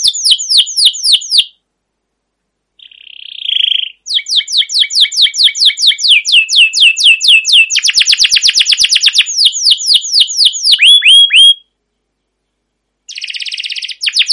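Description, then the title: Canary song in bursts: rapid repeated chirps, a pause and buzzy tone, then a long varied trill with rolling rattles and whistles, a silent gap, and a final trill. Long, continuous rolling canary song in a mastering recording, made for luring and training canaries to sing. "CUIT CUIT NGEROL LANGSUNG GACOR PANJANG Kenari Ini AMPUH Utk Pancingan KENAR. Masteran Suara Burung Kenari Gacor Panjang cuit cuit Ngerol untuk Pancingan Kenari!"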